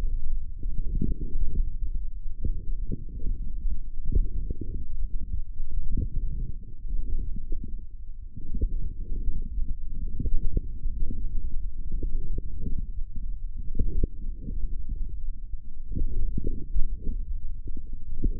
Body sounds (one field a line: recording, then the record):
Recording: forearm muscle sounds (acoustic myography)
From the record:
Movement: forearm pronation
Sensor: system 1, eight BSWA MPA416 microphones around the upper forearm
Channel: 5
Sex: male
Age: 18 years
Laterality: right